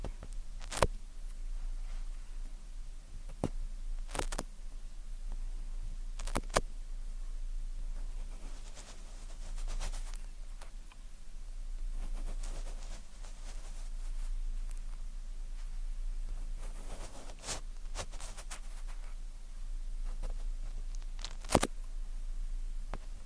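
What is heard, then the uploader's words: Ear cleaning with tweezers: sharp, crisp clicks and snaps come irregularly, a few seconds apart, with small clusters near the start, around 17 seconds, and a loud one near 21 seconds. Between them, soft faint rustling sits over a steady low hum. Ear Cleaning, Tweezers, Sticky Sounds, Spray Bottle.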